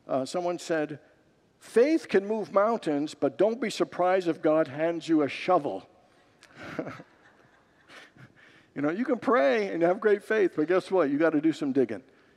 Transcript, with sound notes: someone said, “Faith can move mountains, but don’t be surprised if God hands you a shovel.” [Congregants laugh] You know, you can pray and have great faith, but guess what? You’ve got to do some digging.